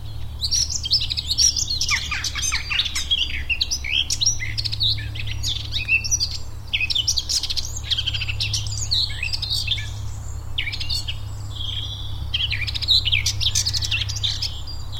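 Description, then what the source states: Eurasian blackcap singing a continuous, jumbled warble of bright whistles and chattering notes, with a constant low droning hum beneath. Recorded at Rammamere Heath.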